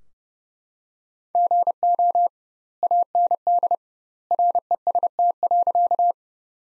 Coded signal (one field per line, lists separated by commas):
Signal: Morse code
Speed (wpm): 30 wpm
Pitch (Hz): 700 Hz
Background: none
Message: GO AND REST.